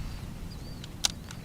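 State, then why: Seated. A crossbow string on an Excalibur Micro 380 crossbow is pulled back with a hook-and-rope cocking aid until it latches into the trigger. A sharp click at 1.0 s marks the string seating, with fainter clicks around 0.8 s and 1.3 s over a low background rumble and a thin high whistle. The string catches in the trigger latch and the crossbow is cocked.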